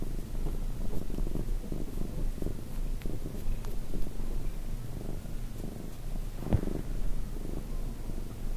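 Cat purring, low and steady, broken once by a sharp click.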